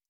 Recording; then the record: hydrophone in a shrimp aquaculture tank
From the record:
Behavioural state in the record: stressed